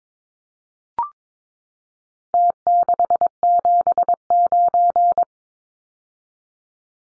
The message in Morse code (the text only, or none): T679